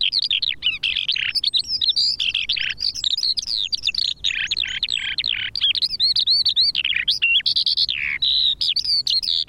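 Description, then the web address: Eurasian skylark song, a continuous rapid stream of high warbled, trilled and chirping notes with quick pitch jumps, pouring on without pause. Recorded at Silver Strand. "Silver Strand videos skylark"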